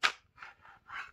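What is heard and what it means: A handgun is drawn from a retention holster: the grip is squeezed so a finger presses the holster's retention button, and the lock releases with a sharp click at 0.1 s. Softer sliding and scraping sounds follow from about 0.4 to 1.1 s as the pistol slides out of the holster.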